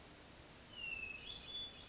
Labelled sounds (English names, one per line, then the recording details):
Hermit Thrush
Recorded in Sonoma County, California